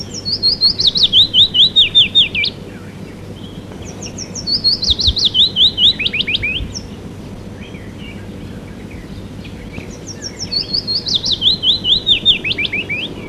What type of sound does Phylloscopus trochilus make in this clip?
song